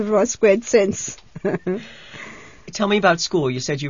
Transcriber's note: she laughs